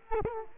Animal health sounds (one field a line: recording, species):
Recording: mosquito wingbeat signal from an infrared sensor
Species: Culex quinquefasciatus